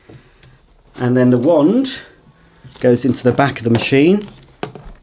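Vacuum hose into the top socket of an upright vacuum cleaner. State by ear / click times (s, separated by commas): seated / 0.4 s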